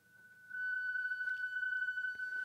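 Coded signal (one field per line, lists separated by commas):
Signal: PSK31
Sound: steady single pitched tone with a faint rapid warble, starting after half a second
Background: faint clicks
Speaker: we're off we're transmitting CQ on psk31 and I don't have the monitor on but I can turn that on and we can hear it we are transmitting CQ on 20 MERS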